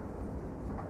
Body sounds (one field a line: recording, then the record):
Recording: background sound without coughing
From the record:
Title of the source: Train Ride Ambience ambient white noise for sleeping, focus, studying, reading